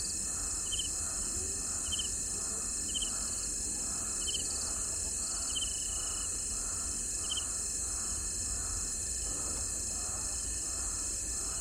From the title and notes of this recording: Durational audio recording of the sound environment around a dry stretch of the Limpopo River in South Africa at the beginning of the rainy season. The recording begins just before dusk and continues through late morning. Audio encoding: Stereo FLAC at 48kHz, 24bit.